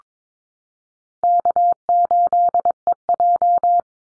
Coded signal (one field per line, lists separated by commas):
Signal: Morse code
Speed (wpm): 22 wpm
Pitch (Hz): 700 Hz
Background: none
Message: K8EJ